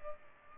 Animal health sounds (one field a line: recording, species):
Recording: mosquito wingbeat signal from an infrared sensor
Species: Culex pipiens